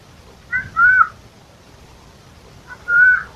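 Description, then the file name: Eurasian jay calls, two drawn-out notes about two seconds apart, each with a short lead-in note, over quiet low background rumble. "Garrulus glandarius"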